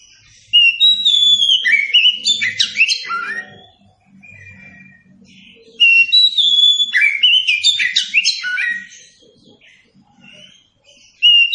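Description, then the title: Oriental magpie-robin delivering two bursts of loud varied song, whistles mixed with fast chattering notes, separated by a quiet pause, then the start of a third burst at the very end. Song recording used as a model for training captive birds. "Masteran Burung Kacer"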